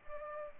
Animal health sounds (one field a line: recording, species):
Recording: mosquito wingbeat signal from an infrared sensor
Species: Culex pipiens